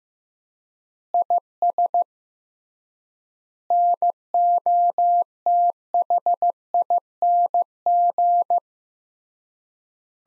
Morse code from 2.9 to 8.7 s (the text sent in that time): NOTHING